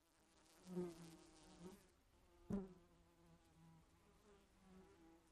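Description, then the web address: Fly wing buzz, a low hum that swells near the start, with one sharp knock midway, then a softer wavering drone to the end. "flies"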